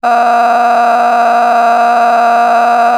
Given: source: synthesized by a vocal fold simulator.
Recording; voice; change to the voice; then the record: sustained vowel; female; a random mix of aspiration noise, stiffness perturbation and strain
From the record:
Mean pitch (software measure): 236 Hz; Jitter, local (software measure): 2.58%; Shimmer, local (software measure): 14.7%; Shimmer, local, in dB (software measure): 1.31 dB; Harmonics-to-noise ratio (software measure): 11.4 dB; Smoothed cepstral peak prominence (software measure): 12.7 dB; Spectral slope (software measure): -18.2 dB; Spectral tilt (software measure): -10.3 dB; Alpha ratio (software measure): -8.7 dB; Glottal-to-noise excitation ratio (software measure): 0.932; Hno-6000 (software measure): 1.9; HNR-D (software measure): 34.9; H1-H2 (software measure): 0.2 dB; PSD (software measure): 1.2e-04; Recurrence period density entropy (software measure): 0.117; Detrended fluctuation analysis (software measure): 0.0129